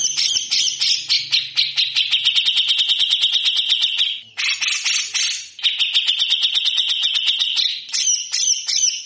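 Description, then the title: Grey-cheeked bulbul song: fast, coarse chattering notes run together into buzzy rattles, broken by a few short gaps. Vigorously singing bird with the harsh rattling song style called besetan kasar; long-duration tutor (masteran) recording. "MASTERAN CUCAK JENGGOT GACOR FULL BESETAN KASAR"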